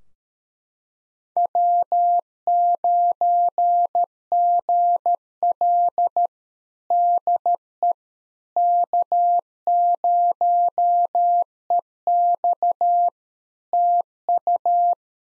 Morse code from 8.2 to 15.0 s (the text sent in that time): K0EX TU